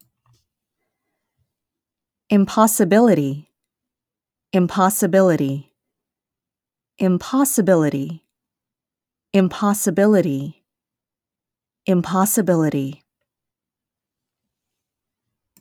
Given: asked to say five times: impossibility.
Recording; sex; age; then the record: repeated word; female; 20 to 29 years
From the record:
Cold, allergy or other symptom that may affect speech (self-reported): no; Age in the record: 29 years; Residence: California, United States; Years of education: 16